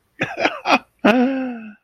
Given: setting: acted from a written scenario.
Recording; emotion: vocal sound without words; adoration